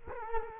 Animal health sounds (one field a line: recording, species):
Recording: mosquito wingbeat signal from an infrared sensor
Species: Culex quinquefasciatus